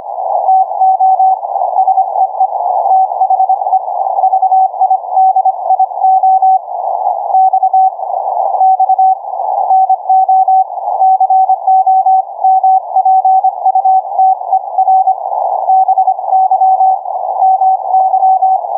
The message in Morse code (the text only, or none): TO SEE THE VIDIO X X NO COMPUTER BY MY